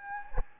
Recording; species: mosquito wingbeat signal from an infrared sensor; Anopheles gambiae